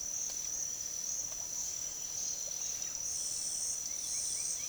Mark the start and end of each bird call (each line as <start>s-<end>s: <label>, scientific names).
0.39s-1.13s: Crypturellus cinereus
1.29s-3.04s: Psarocolius angustifrons
2.98s-4.57s: Ammodramus aurifrons
3.81s-4.68s: Dryocopus lineatus